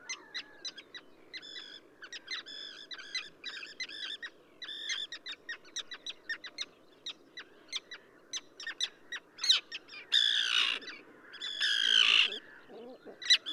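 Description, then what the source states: Common tern calls, short harmonic notes repeated in quick series, then two loud, harsh drawn-out cries near the end. Subspecies minussensis, recorded at Ögii Nuur, Mongolia.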